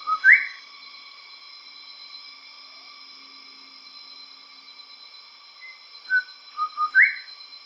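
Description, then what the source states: Bird call of clear whistles: a sharp rising slur, then after a long pause short falling notes and another rising slur, against a constant tonal hum. Recorded in Papua New Guinea.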